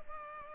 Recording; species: mosquito wingbeat signal from an infrared sensor; Culex pipiens